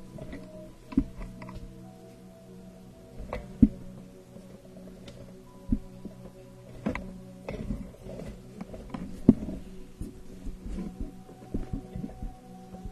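A facial treatment plays out with a low, steady hum running underneath the whole time. Soft rubbing and handling sounds come and go, broken by sharp taps and clicks roughly every second or two, with louder knocks near the start, middle and later on.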